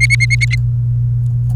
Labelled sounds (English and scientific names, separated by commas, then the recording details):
Domestic Canary (Serinus canaria) song
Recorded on 29 April 2018 at 06:03
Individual llb3